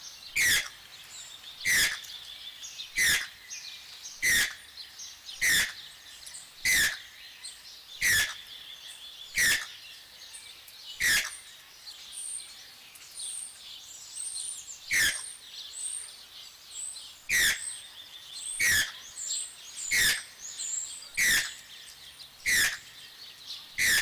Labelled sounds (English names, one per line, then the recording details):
Channel-billed Toucan call
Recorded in captivity
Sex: pair
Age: adult
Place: Zoo Halle, Sachsen-Anhalt, DE
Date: 1999-03-30 12:18
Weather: heiter, ca. 15°C
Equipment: Sony MD-WM MZ-R3, Sennheiser MKH 416 T, Kopie Uher 4000 Report Monitor
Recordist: Tembrock, Günter